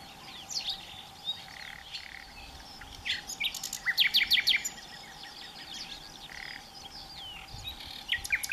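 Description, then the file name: Common nightingale song: scattered chirps, then a rapid burst of repeated sharp notes near the middle, followed by softer varied phrases over a low hum. "Nachtigall mit Gesang - Nightingale singing"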